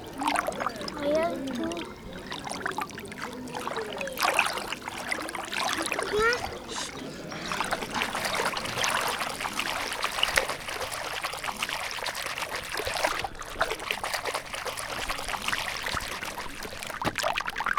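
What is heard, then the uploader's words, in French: Water trickles and splashes steadily through all eighteen seconds, a dense, bright bubbling with no pauses. The first seven seconds carry a few quick chirping streaks like birdsong above the flow. After that the water grows fuller and more even to the end. L'eau. Montage issu de la chasse aux sons effectué au parc Gaston Baty à Pélussin pendant la Fête de la nature.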